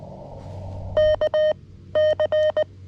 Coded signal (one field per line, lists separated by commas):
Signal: Morse code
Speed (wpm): 19 wpm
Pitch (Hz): 620 Hz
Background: none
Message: K C